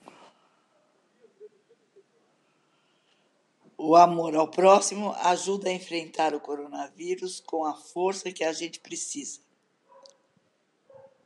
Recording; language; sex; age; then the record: spoken sentence; Brazilian Portuguese; female; 70 to 79 years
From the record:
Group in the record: control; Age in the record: 73 years